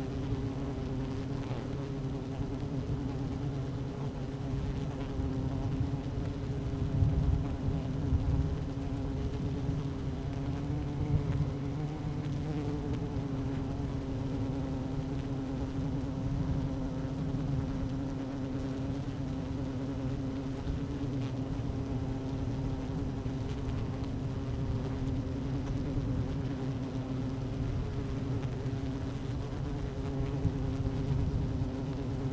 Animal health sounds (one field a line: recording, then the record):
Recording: honeybee colony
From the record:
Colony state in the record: active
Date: 12 June 2018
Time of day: 12:04